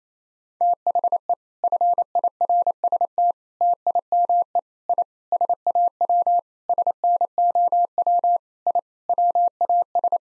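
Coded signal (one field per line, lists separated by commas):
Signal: Morse code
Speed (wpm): 27 wpm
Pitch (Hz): 700 Hz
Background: none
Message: THE FIRST TIME I SAW SNOW I WAS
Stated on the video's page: Morse practice sentences of common four-word phrases at 28 wpm for head-copy training, each sent, then spoken, then sent again.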